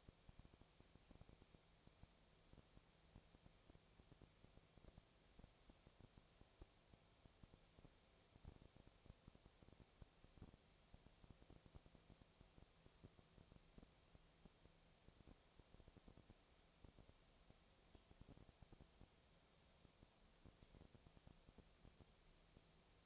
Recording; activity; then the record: daily activity, microphone in the room; no activity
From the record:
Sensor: 1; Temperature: 19.8 degrees Celsius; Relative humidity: 37.9%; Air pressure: 998.8 hPa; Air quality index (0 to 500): 233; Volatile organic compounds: 133 ppm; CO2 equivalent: 3942 ppm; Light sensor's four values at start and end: 1/2/1/1 and 1/2/1/1